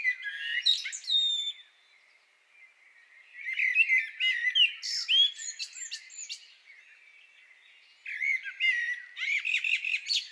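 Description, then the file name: Common blackbird song in three bursts of warbles and sharp high twitters, separated by quiet gaps. "Turdus merula"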